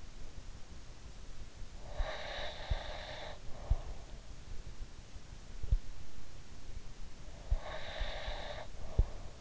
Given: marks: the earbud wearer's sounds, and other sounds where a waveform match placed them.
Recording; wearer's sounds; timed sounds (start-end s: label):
sounds in sleep by an in-ear microphone; breath
1.81-4.28 s: breath
7.28-9.41 s: breath